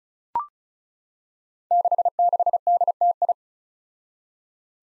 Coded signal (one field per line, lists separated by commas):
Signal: Morse code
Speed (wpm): 36 wpm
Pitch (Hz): 700 Hz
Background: none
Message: 66DTI